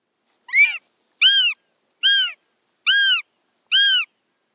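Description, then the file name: Northern goshawk giving five loud, harsh, arched call notes, evenly spaced at just under one-second intervals, with no other sounds. "Habicht"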